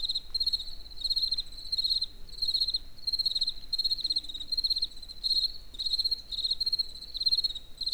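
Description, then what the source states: Cricket song of high, pulsed chirps in repeated bursts, with faint low background noise. In nature near the Eger tourist house (Egerturistaház).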